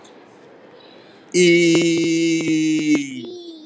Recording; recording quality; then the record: sustained vowel as in beet; excellent, no background noise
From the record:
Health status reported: healthy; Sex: male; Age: 41 years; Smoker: yes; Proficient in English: yes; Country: India